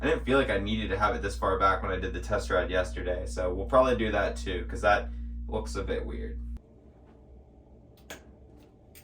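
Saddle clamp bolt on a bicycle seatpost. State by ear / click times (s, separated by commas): torque reached / 8.1 s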